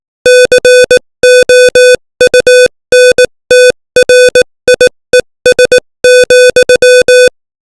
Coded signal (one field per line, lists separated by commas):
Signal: Morse code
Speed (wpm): 18 wpm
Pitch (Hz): 500 Hz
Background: music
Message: COUNTRIES,